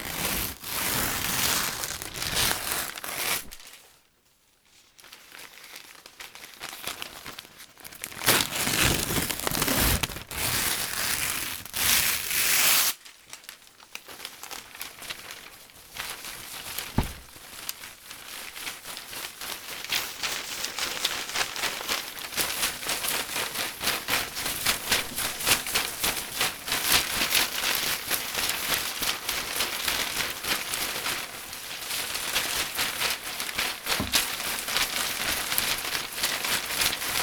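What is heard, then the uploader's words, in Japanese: Newspaper is crumpled, torn and balled up in dense crackly bursts, with near-silent pauses around 4 and 13 seconds, then steady rustling. 紙の音ASMR 新聞紙をくしゃくしゃ…やぶる、しわくちゃ、丸める！paper sound。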